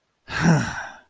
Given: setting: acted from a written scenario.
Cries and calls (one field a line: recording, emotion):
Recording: vocal sound without words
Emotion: anger